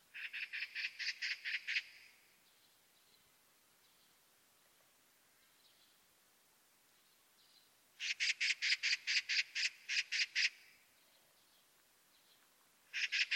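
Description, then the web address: Bird calls in rapid bursts of sharp, evenly spaced pulses, about ten per burst, separated by quiet gaps of several seconds. "cianscape birddata Deverinetal"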